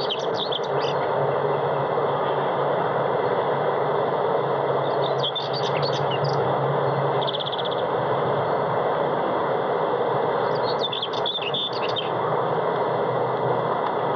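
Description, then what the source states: Common whitethroat singing three quick scratchy phrases, with a short buzzy trill between, under heavy continuous rumbling background noise. Variant 7.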